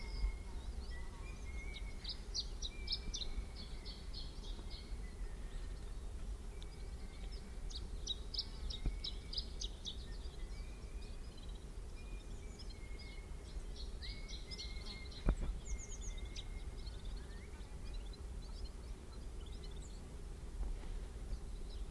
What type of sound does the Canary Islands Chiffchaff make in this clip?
song